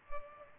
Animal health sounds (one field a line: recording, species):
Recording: mosquito wingbeat signal from an infrared sensor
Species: Culex pipiens